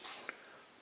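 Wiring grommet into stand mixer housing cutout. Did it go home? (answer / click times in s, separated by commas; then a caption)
yes / 0.3 s. A wiring grommet is slid up from the bottom through a plus-shaped cutout in the housing of a KitchenAid Professional 5 Plus stand mixer during reassembly. A soft hiss carries through the clip, broken by one short, sharp pop at 0.3 s as the grommet seats in the cutout.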